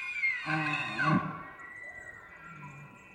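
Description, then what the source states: Elk bugling, a harsh harmonic roar with a high whistled overtone that swells and then fades into a quieter drawn-out tone. Bull elk bugling in rutting season, males vocal, morning of September 18 from pre-dawn, just before hunting season, Colockum Wildlife Area, Washington; dry high plateau with pine, spruce and fir.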